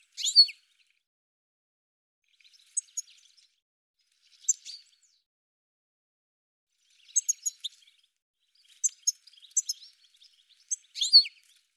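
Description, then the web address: Bird chirps: sharp, high, clipped notes in short scattered bursts with long silent gaps between, some bursts of two or three quick notes. "cianscape birddata"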